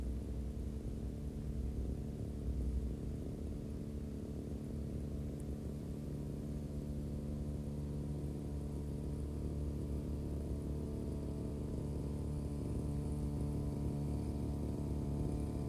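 A grass cutter runs steadily with a low, dense engine drone and layered hum, holding an even loudness throughout with slight rises.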